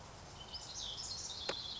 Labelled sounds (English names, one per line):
House Wren